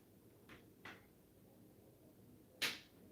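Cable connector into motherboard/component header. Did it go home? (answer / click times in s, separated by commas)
yes / 0.8 s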